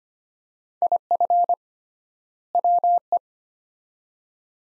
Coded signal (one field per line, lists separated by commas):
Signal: Morse code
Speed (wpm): 25 wpm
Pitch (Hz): 700 Hz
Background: none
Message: IF WE